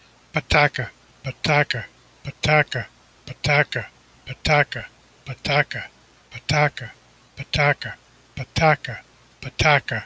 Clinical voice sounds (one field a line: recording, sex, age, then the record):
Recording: repeated syllables /pa ta ka/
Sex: male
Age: 40 to 49 years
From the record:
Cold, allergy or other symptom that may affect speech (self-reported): no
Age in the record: 47 years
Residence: Illinois, United States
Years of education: 16